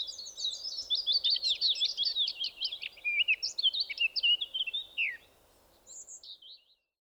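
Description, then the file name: Eurasian blackcap giving a fast, scratchy warble of high notes for about five seconds, then a brief quieter phrase of thin whistles before silence. "Sylvia atricapilla"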